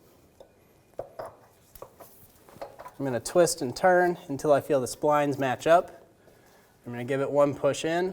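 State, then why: Not seated. The inner end of a steel left front CV axle for a 2003-2008 Honda Pilot is twisted and turned at the transmission opening to line up its splines before being pushed home. A few short metallic knocks and scrapes are heard between about 1.0 and 2.6 seconds, then someone talks. Nothing has seated or clicked yet.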